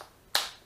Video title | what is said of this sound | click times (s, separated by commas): Impact Bits and Holders | actual locks in place you can either have this activated right | 0.3 s